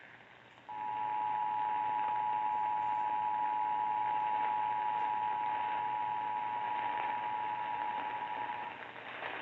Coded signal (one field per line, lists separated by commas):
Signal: Emergency Alert System (SAME) tones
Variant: 853 and 960 Hz attention tone